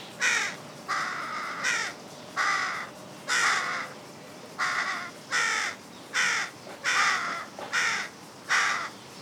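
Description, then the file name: Carrion crow calling with loud, hoarse caws, about a dozen in a row. "Corvus corone"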